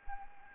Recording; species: mosquito wingbeat signal from an infrared sensor; Anopheles arabiensis